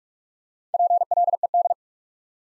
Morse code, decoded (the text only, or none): PLED